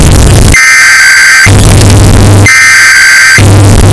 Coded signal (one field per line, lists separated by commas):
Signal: Emergency Alert System (SAME) tones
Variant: header bursts